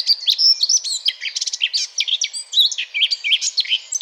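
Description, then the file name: Eurasian blackcap delivering a lively run of twittering notes and pure whistled phrases, quick and unbroken throughout. "Sylvia atricapilla"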